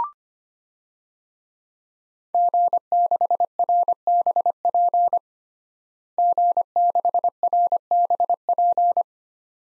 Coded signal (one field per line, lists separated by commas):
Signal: Morse code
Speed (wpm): 25 wpm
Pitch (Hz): 700 Hz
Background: none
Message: G6RBP G6RBP